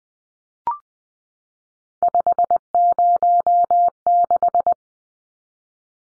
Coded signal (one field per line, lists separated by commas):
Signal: Morse code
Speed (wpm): 20 wpm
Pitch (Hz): 700 Hz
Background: none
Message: 506